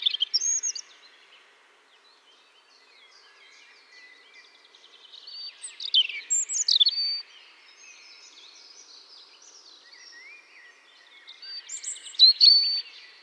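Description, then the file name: European robin song, high sweet warbling phrases with thin descending slurs, delivered roughly every six seconds, separated by quiet pauses with faint high twitters. "Erithacus rubecula"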